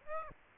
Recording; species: mosquito wingbeat signal from an infrared sensor; Aedes aegypti